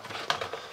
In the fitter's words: the gun and it goes back until it clicks and you can again slide off the front